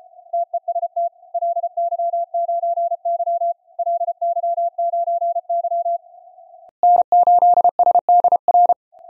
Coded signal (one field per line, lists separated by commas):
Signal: Morse code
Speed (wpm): 33 wpm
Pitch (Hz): 690 Hz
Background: none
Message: TEST LY9Y LY9Y N8SDR